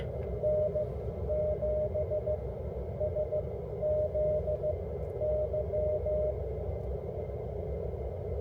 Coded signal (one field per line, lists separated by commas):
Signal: Morse code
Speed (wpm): 14 wpm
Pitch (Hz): 610 Hz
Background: none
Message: N7SZY